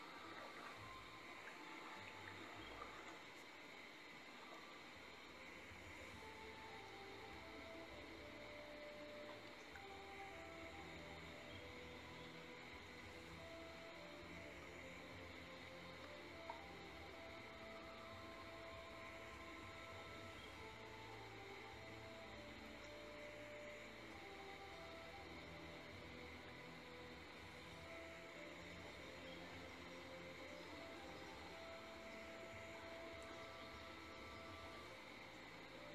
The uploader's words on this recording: Pov: you're on a boat ride through the rainforest. Water.